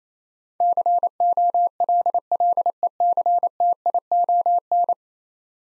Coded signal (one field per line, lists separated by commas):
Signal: Morse code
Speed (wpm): 28 wpm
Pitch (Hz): 700 Hz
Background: none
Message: COLLECTION